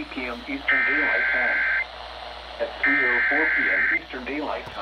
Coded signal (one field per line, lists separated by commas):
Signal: Emergency Alert System (SAME) tones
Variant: header bursts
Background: speech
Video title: Severe Thunderstorm Warning (EAS 246-255)